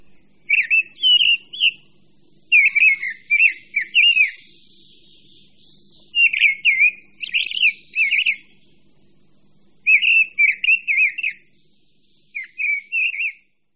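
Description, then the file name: Mistle thrush singing brief, clear whistled phrases of quick slurred notes, repeated with short pauses, one phrase trailing into a faint rising squeak; low hum behind. "Drozd brávník"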